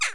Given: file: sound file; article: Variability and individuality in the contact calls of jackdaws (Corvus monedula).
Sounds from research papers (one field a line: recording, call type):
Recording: jackdaw call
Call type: harmonic